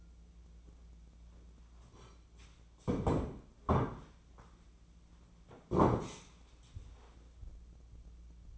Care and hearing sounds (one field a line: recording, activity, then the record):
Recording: daily activity, microphone in the room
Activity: sit down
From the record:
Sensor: 1